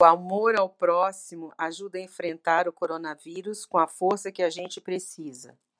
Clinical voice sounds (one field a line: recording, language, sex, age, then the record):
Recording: spoken sentence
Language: Brazilian Portuguese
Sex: female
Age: 50 to 59 years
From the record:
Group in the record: control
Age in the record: 57 years